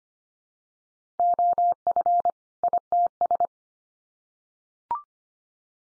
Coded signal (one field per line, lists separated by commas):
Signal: Morse code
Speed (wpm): 25 wpm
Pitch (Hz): 700 Hz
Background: none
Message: OF ITS